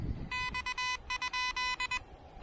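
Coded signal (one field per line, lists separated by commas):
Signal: Morse code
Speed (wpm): 21 wpm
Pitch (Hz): 1000 Hz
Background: none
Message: X?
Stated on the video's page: Pedestrian mobile POTA park activation with the Elecraft KH1, QRP.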